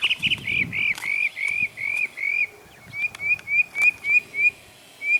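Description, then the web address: Bird song: a fast series of clear, slurred whistled notes, three or four per second, with a few sharp clicks. "az brid sounds"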